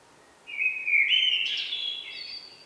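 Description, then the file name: Common blackbird delivering a clear mellow whistled phrase that climbs into a squeaky, high twittering finish. "Turdus merula"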